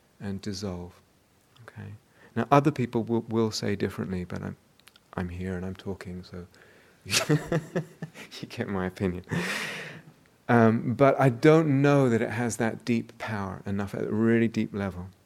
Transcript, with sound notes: and dissolve. Now, other people will say differently. But I'm here, and I'm talking, so. [laughs] You get my opinion. But I don't know that it has that deep power at a really deep level.